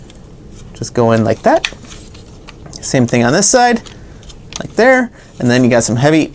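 Someone talks while handling a Transformers Siege Jetfire action figure, fitting a plastic backpack piece into the figure on its second side. Brief plastic handling taps and rubs are heard between the bursts of speech, around 2.1 to 2.7 seconds. The clip ends before the part goes home, so nothing has clicked or seated yet.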